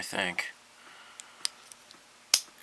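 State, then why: Seated. Someone talks briefly as a plastic figure or part is pressed into the cockpit of a Hasegawa 1:72 SR-71 Blackbird scale model aircraft kit, with a few faint ticks along the way. A sharp click at 2.3 s marks the part seating into place.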